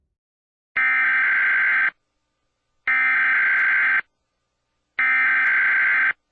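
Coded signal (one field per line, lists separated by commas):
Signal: Emergency Alert System (SAME) tones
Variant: header bursts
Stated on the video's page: Simulated EAS parody.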